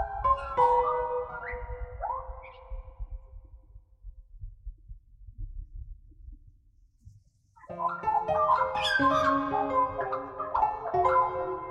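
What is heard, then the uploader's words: A magpie warbles and chatters in the opening two seconds, with rising whistled notes and harsh calls, then falls silent. A quiet low rumble fills the middle. From about eight seconds, dense bright piano notes and chords ring out, with more birdlike high trills mixed in. Duet for Magpie and Piano in C Minor. Warbling in my backyard this morning, while standing on the back of a chair. I cleaned up the recording a little, then added a piano line an octave lower to emphasise the musicality of her performance.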